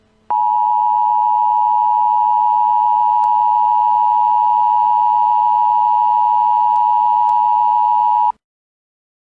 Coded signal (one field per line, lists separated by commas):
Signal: Emergency Alert System (SAME) tones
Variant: 853 and 960 Hz attention tone